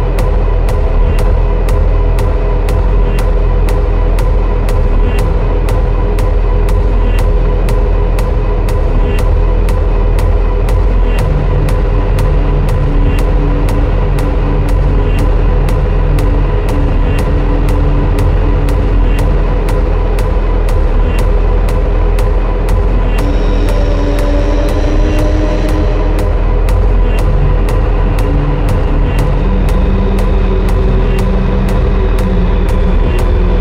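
A deep, steady rumble of rubbing on an overturned bass drum sits under held synthetic pads, with a regular ticking pulse running the whole way through. Around 23 seconds a brighter tone rises above the pads, and new mid tones enter near 29 seconds.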